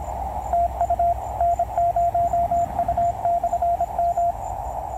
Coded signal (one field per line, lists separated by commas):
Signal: Morse code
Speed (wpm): 26 wpm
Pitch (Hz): 690 Hz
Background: radio noise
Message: TU N0U/M